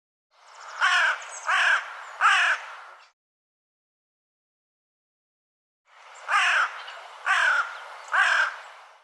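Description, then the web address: Bird calling in raspy caws, two bursts of three harsh notes each, separated by a few seconds of silence. "cianscape birddata Deverinetal 2025"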